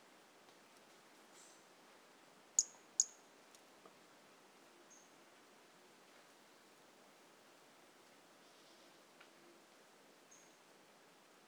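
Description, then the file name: Pumpkin toadlet giving a quick pair of high, piercing notes less than half a second apart, with a few fainter high notes scattered before and after. Individual 02, recorded 18 January 2018; animal not collected. "Brachycephalus mirissimus 18 jan 2018 individual 02 ex 01 A E Confetti not collected"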